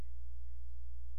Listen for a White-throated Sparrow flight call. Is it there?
no